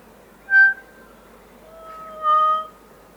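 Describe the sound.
Kokako song with two clear phrases: a loud short organ-like note, a pause, then long mellow sustained tones rising in volume.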